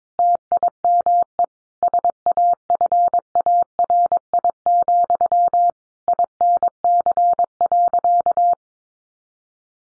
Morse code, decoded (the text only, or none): TIME SAFARI, INC.